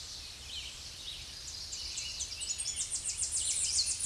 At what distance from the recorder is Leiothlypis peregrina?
about 25 m